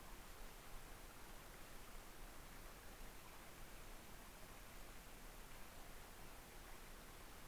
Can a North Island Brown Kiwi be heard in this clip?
no